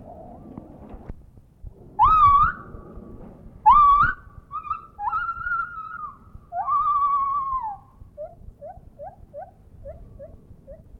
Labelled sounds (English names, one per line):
Lar Gibbon